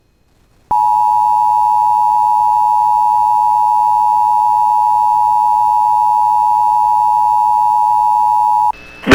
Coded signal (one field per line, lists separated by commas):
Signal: Emergency Alert System (SAME) tones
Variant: 853 and 960 Hz attention tone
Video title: [EAS] Severe Thunderstorm Warning For Bemidji Area (Tornado Possible!!) (6/4/24)